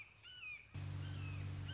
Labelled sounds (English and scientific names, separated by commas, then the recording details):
Red-shouldered Hawk (Buteo lineatus)
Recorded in Sonoma County, California